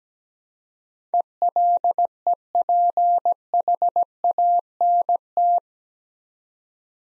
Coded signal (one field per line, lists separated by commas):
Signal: Morse code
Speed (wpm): 17 wpm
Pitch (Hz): 700 Hz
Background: none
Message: ELEPHANT